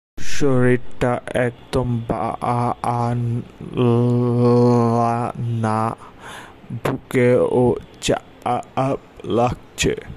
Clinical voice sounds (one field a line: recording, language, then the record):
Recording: elicited speech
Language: Bengali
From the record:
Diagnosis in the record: Broca's or global aphasia after a stroke